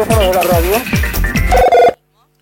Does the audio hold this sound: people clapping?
no